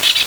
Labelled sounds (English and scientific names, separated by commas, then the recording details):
Brown-throated Parakeet (Eupsittula pertinax) contact call
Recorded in Venezuela
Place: Guárico; Corozopando; Fundo La Fe
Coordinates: 8.506, -67.593